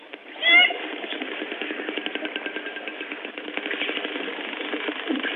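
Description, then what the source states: Orca clicks in rapid trains under water, with a brief squealing call at the start. Group of orcas that herded herring and hunt them together while feeding, chattering and clicking a lot; played recording.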